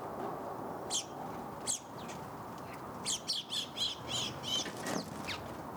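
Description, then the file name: House sparrow chirps, short harsh notes given singly and in a quick cluster over a steady low rumble of background noise. "Passer domesticus"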